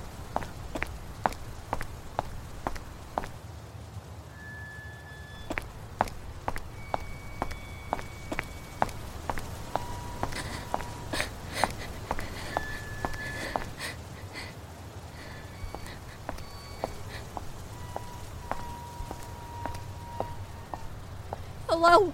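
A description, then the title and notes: A horror night ambience with a low steady rumble, sharp irregular clicks and taps throughout, and brief high tones sustained now and then. Horror night ambience.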